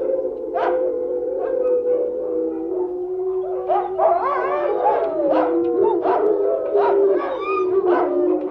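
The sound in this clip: Wolf chorus of steady, overlapping howls, growing busier halfway through with many sharp yips and barks layered over the drawn-out tones.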